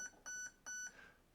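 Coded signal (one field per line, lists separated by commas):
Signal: beep code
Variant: Specna Arms HALL ETU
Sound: three electronic beeps: a clipped one, then two longer, fading into room echo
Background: small room echo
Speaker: there you go so it is in level three for pre-cocking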